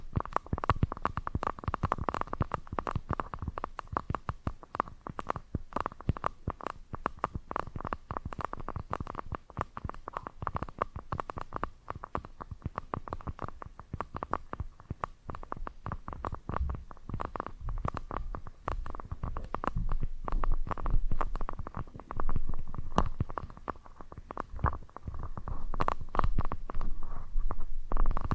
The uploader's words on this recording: TimASMR-Scratching & Tapping Triggers. (NO TALKING).